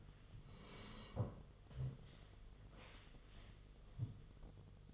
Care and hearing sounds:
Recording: daily activity, microphone in the room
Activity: sit down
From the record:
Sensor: 4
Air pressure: 1006.2 hPa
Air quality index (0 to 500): 97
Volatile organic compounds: 2 ppm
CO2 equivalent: 1209 ppm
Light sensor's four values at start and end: 12/28/11/10 and 12/28/11/10

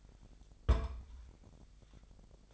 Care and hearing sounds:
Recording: daily activity, microphone in the room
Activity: place on stove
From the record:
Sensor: 5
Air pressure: 999.5 hPa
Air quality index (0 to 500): 221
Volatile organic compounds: 21 ppm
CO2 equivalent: 2707 ppm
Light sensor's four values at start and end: 32/73/30/29 and 30/69/28/28

